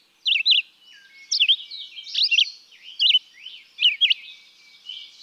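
Red-eyed vireo: short whistled phrases with quick slurs, delivered in close succession.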